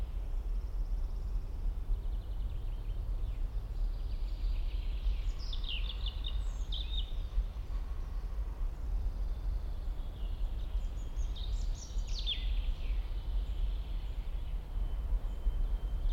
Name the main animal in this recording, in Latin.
Erithacus rubecula